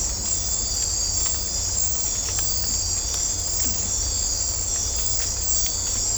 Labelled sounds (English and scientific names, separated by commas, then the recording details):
none
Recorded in dense forest near Puerto Asís, Putumayo, Colombia, on 18 December 2024 at 01:30
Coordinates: 0.503, -76.323
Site G043